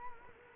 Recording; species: mosquito wingbeat signal from an infrared sensor; Culex quinquefasciatus